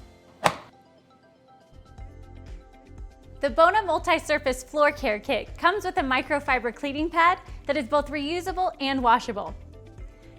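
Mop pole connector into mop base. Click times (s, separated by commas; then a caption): 0.5 s. The connector at the bottom of a Bona Multi-Surface Floor Care Kit mop pole, with its silver o-ring facing forward, is pushed into the plastic mop base set down with the Bona logo facing forward, and it seats with one sharp, loud click at 0.5 s. Soft background music continues, and from about 3.4 s someone talks until the end.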